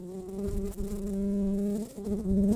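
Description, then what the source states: Brown-banded carder bee buzzing, a continuous low droning hum with rich overtones that wavers slightly in pitch and briefly dips before resuming. Workers.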